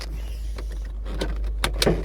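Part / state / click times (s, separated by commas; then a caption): front edge of convertible roof into windscreen header latch / seated / 1.6 s, 1.8 s. After the hydraulic roof closes on a 1994 Mercedes W124 Cabriolet E220, the front edge of the soft top is clipped onto the windscreen header latch. Over a steady low hum, two sharp latch clicks are heard at 1.6 s and 1.8 s, and the roof front is seated on the windscreen frame.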